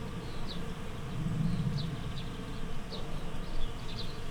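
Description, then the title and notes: Bees humming in a deep, rumbling buzz, with a few brief bird chirps. Bees in a flowering rapeseed field, Słoneczna 9, Siemianowice Śląskie, Poland, Saturday 18 May 2019; recorded with Zoom H5 and Audio-Technica BP4025. "Słoneczna 9, 41-106 Siemianowice Śląskie, Polska - Pszczoły w rzepaku. Sobota, 18 maja 2019. Pszczoły w rzepaku. Szpaki, gołębie, kawki, samolot i piła w tle. Nagrania terenowe Siemianowic Śląskich - Dźwiękowy Portret Miasta"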